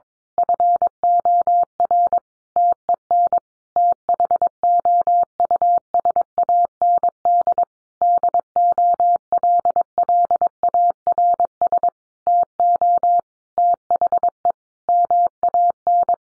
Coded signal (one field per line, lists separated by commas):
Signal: Morse code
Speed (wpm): 22 wpm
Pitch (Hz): 700 Hz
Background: none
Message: FOR TEN THOUSAND DOLLARS TO THE MAN